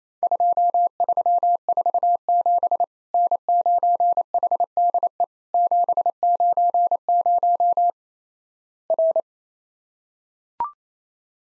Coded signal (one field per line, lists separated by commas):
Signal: Morse code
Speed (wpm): 28 wpm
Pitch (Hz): 700 Hz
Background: none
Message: 2347 N9HDE 790 R